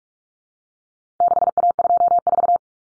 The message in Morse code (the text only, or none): 6A24